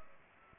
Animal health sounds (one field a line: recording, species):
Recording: mosquito wingbeat signal from an infrared sensor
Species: Culex pipiens